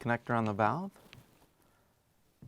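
A plastic wiring harness plug is pushed onto the terminal connector of a new Whirlpool/KitchenAid/Maytag dishwasher water inlet valve (W11175771) while someone talks. A sharp click at 1.1 s marks the connector locking into place, followed by a faint tick at 1.6 s.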